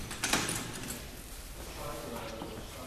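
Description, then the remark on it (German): A heavy door to a ward of a psychiatric clinic in Düren is unlatched by a porter with a sharp metallic clack, then swings open with a low, dragging rumble and faint rattling, while muffled voices murmur underneath. “Die Tür öffnete der Pförtner allen Mitarbeitern diesen Trakt.”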